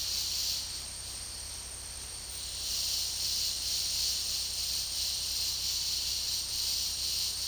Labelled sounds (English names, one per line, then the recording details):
none
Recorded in secondary vegetation near Puerto Asís, Putumayo, Colombia, on 18 February 2024 at 12:30
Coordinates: 0.489, -76.322
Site G6419